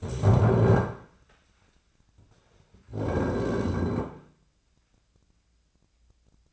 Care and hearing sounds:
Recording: daily activity, microphone in the room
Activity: stand up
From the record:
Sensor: 2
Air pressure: 1009.1 hPa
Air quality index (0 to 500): 176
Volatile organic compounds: 2 ppm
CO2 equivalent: 1290 ppm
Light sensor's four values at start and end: 33/86/37/39 and 34/90/38/41

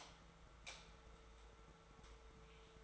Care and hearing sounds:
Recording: daily activity, microphone in the room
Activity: light off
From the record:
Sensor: 3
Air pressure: 1014.5 hPa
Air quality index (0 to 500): 181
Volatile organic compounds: 19 ppm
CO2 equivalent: 2647 ppm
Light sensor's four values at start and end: 24/62/26/27 and 19/48/20/21

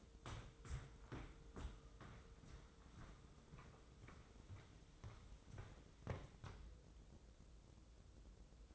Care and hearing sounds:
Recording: daily activity, microphone in the room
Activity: walk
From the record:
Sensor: 3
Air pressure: 995.9 hPa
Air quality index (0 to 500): 249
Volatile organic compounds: 1000 ppm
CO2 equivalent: 6376 ppm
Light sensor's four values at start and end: 41/99/43/47 and 42/104/45/49

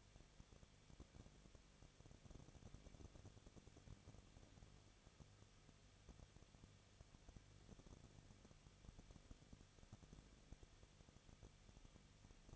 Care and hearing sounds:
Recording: daily activity, microphone in the room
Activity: no activity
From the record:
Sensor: 4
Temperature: 23.0 degrees Celsius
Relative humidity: 34.1%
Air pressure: 1007.4 hPa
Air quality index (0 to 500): 212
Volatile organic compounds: 14 ppm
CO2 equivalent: 2440 ppm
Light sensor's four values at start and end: 2/3/1/1 and 2/3/1/1

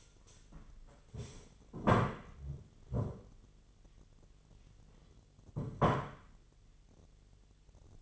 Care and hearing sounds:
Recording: daily activity, microphone in the room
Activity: stand up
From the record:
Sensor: 4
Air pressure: 1008.8 hPa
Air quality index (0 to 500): 171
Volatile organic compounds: 5 ppm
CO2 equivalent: 1712 ppm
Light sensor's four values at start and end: 23/73/27/26 and 23/73/27/26

